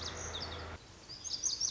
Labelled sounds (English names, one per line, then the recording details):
Lazuli Bunting
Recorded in Sonoma County, California